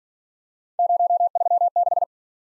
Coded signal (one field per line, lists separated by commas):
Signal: Morse code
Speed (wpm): 48 wpm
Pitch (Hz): 700 Hz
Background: none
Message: 036